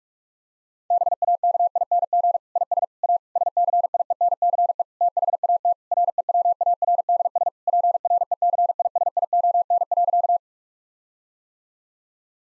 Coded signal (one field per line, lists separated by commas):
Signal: Morse code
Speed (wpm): 46 wpm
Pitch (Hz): 700 Hz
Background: none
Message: BAKING IS A SCIENCE THAT REWARDS PRECISION.